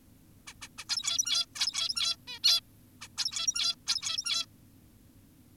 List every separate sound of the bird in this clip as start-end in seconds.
0.47-0.54, 0.62-0.68, 0.78-0.85, 0.89-1.46, 1.56-2.16, 2.28-2.39, 2.44-2.61, 3.02-3.08, 3.18-3.76, 3.87-4.46